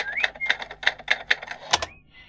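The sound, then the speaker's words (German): Typewriter keys strike in a steady rhythm, about seven crisp clacks, followed by a louder double clack and a brief high ringing tone before it goes quiet. “Olympus, wie die Schreibmaschinenmarke, als Huldigung an ihre Tasten.”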